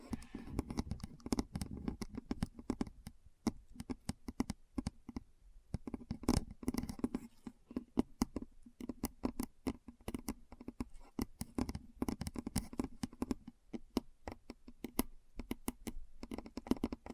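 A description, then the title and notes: Keyboard keys clatter in quick, uneven bursts of typing, each press a sharp click with a low thud underneath. The tapping runs throughout the seventeen seconds, with brief pauses around five and eight seconds before resuming at a steady, busy pace. ASMR Keyboard Sounds (No Talking).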